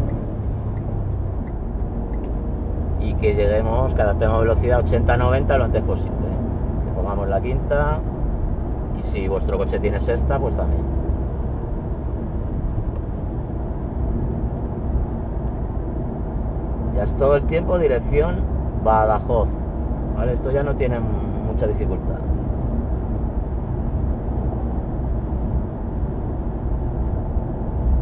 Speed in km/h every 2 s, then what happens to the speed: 86, 83, 90, 96, 94, 97, 98, 96, 95, 95, 95, 94, 93, 92.
2-6 speeds up to 96. 6-28 steady at about 95.